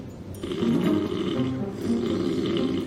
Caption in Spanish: Un problema muy grave que está ocurriendo en GH Duo, en concreto el sueño que afecta, pues, a todos los habitantes de esa casa por cómo ronca un concursante. Que por la noche se transforma en un ñu apareándose. Sueña a veces que es un tractor o una vaca mugiendo o una motosierra.